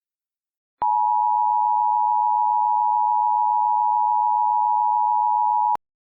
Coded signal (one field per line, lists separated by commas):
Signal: Emergency Alert System (SAME) tones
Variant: 853 and 960 Hz attention tone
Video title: EAS Scenario: Absolutely Radioactive Part 7